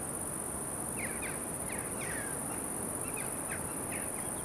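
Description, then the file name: Steady high cricket trill runs the whole way through, with short screeching swift calls scattered over it and soft wind below. "Silencyo CC Crickets Swifts Wind"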